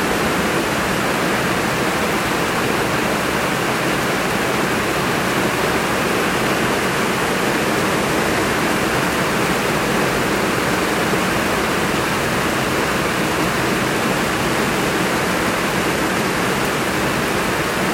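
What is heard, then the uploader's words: Rain falls in a steady, dense hiss that never lets up across the whole stretch, with no separate drops or gusts standing out. The sound is full, spread from a low rumble up to a bright sizzle, unchanging throughout. Today’s rain.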